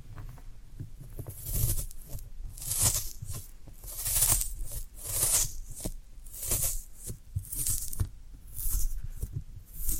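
Floral foam is squeezed and crushed in a steady rhythm, giving dry, crackly crunches with a soft hiss. The bursts swell and fade about once a second across the whole stretch, each carrying a dull low thump underneath, with brief scratchy ticks between them.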